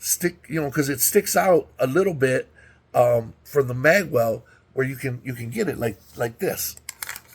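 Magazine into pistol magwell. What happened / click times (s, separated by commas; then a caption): Handled, not yet seated: no seating click confirmed before the clip ends / none. Someone talks while handling the metal magazine of a Kimber 2K11 .45 ACP Target (OR) pistol, which sticks out slightly from the magwell. A few short, sharp handling knocks come near the end as the magazine is brought toward the magwell to show how it normally seats. Nothing has seated or clicked home yet.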